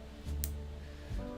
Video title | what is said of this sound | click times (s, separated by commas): P-Bandai MG Gundam Fenice Rinascita Alba LIVE BUILD! | Wondering why I didn't hear a little click there, and it's because it's the wrong head upside down. | none